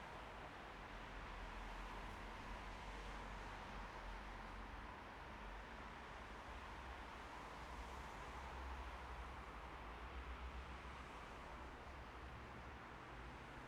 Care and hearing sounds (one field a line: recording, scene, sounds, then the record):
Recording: everyday scene through a hearing-aid microphone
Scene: in traffic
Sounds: traffic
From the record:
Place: bus stop on a city main road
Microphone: behind the ear, right, rear